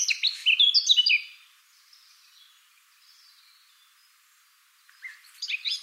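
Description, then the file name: Eurasian blackcap song, a brief hurried warble of whistled notes, a long quiet stretch with faint twittering, then the song restarting at the end. "Sylvia atricapilla"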